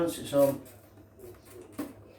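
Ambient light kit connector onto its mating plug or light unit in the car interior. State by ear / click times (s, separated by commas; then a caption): not seated / none. A plastic connector or clip on the wiring of an ambient lighting kit for a Mercedes W205, S205, C350e, C300, E300 C-Class is being handled as it goes onto its mating plug or light unit in the car interior during a door or console light install. Someone talks over faint handling noises with a brief soft knock near 1.8 seconds. Nothing has seated or clicked yet.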